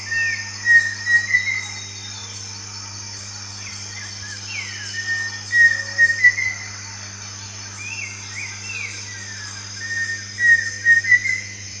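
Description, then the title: Pheasant cuckoo calling: short phrases of three or four clear whistled notes, the last slurred or rising, repeated every few seconds over a steady insect buzz and low hum. "LuckyPassaro Completos2Sama. Pheasant Cuckoo (Dromococcyx phasianellus)"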